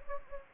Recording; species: mosquito wingbeat signal from an infrared sensor; Anopheles gambiae